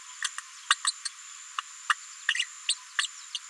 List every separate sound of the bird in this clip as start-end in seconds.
0.70-0.75, 0.84-0.91, 1.05-1.09, 1.89-1.95, 2.28-2.46, 2.68-2.74, 2.98-3.07, 3.34-3.39